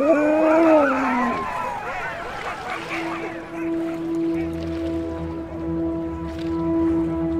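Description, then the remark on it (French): A few loud, wavering sled dog howls and yelps ring out at the start, their pitch sliding up and down, before giving way to a steady, low sustained hum. “Pas vrai, les chiens?”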